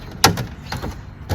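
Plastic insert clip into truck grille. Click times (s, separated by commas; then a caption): 0.2 s. A white plastic insert clip is pressed into the grille of a 2021 Chevy Silverado Custom during an American Modified off-road grille install. A sharp, loud snap at 0.2 seconds is followed by fainter taps. Someone talks, and the clip is seated.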